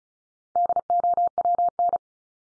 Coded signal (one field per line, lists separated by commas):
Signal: Morse code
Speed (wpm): 34 wpm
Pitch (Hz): 700 Hz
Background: none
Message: DOWN